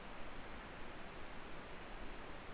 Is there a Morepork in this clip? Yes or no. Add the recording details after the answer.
no. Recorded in New Zealand. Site Eglinton